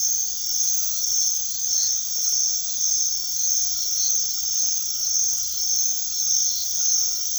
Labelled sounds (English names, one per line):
none